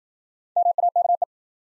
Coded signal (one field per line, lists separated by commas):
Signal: Morse code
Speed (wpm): 53 wpm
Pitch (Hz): 700 Hz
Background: none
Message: MAKE